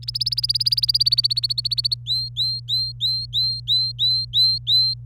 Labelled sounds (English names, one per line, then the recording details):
Domestic Canary song
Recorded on 25 April 2018 at 17:30
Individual llb3